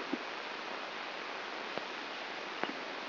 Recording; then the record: brain microelectrode recording played as sound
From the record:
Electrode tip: outside the subthalamic nucleus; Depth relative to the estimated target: 4 mm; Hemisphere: left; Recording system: AlphaMap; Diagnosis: Parkinson's disease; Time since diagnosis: 19 years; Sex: male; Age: 59 years